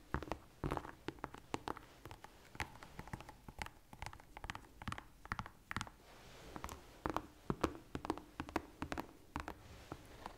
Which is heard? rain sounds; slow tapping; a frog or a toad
slow tapping